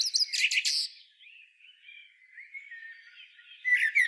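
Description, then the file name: Common blackbird with a loud squeaky burst at the start, a few seconds of soft warbling, and then another brief high twitter at the end. "Turdus merula"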